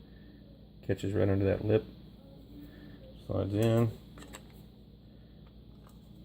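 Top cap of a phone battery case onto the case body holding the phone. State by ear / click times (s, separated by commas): seated / 4.4 s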